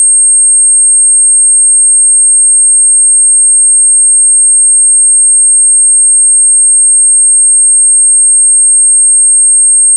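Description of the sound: A steady, very high, pure whistling tone near 8500 Hz, used to determine the pitch of tinnitus.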